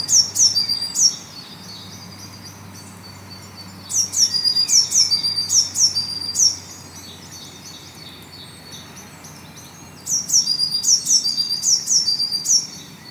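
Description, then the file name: Eurasian blue tit calling with short, sharp descending notes, delivered in three separate rapid series with pauses between. "Cyanistes caeruleus"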